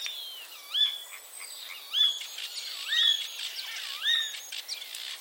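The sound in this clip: Common starling whistles, slurred looping notes repeated about once a second over a background of softer chattering and thin high calls.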